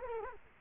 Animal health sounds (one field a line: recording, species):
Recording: mosquito wingbeat signal from an infrared sensor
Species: Culex quinquefasciatus